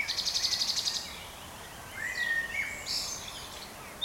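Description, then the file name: Common nightingale delivering a fast, rattling trill of about a dozen notes in one second, then a rising whistled note and a brief high buzzy flourish. "Luscinia megarhynchos"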